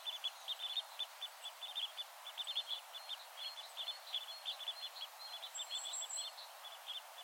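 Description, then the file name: Parrot crossbill calls: a rapid series of short, sharp chip notes in irregular bursts throughout, with faint background hiss. "kiefernkreuzschnabel"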